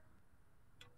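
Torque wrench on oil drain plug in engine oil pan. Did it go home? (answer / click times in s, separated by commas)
yes / 0.8 s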